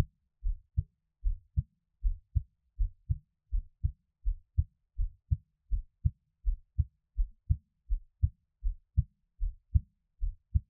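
Steady, low-pitched heartbeat at about 80 beats a minute, each beat a paired lub-dub thump in a regular rhythm, with no other sound in the background. An ordinary adult heartbeat, heard close up as Taiwanese ASMR for relaxation listening.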